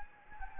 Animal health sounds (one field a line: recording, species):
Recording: mosquito wingbeat signal from an infrared sensor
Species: Anopheles gambiae